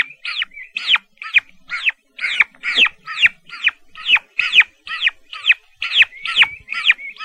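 Turkey chick peeps, high arching whistled notes given in a steady series.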